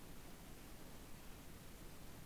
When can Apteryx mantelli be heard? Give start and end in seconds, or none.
none